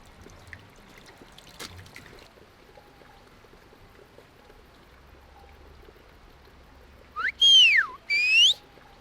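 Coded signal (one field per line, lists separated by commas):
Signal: whistled language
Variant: whistled Béarnais of Aas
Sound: near-silence, then three quick gliding whistles: rising, long falling, rising high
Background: faint background hiss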